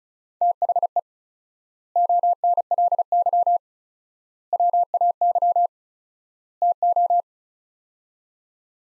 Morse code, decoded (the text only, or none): THE ONLY WAY TO